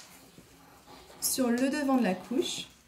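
A fabric insert is handled at the front of a TotsBots washable cloth diaper shell, where it fastens with a plastic press stud, while someone talks. Faint soft handling sounds sit under the speech, and nothing has snapped or clicked into place yet.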